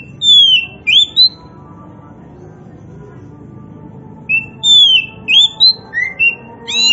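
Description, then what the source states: Oriental magpie-robin singing two short bouts of clear, sweet whistled notes, some sliding down and some rising, with a few seconds of quiet between them and faint background hum. Local Indonesian name kacer poci, a magpie-robin variety; described as gacor, singing vigorously and continuously.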